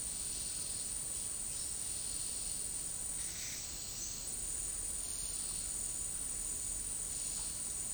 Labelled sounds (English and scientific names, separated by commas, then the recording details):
none
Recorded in dense forest near Puerto Asís, Putumayo, Colombia, on 20 February 2024 at 11:30
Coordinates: 0.503, -76.322
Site G6418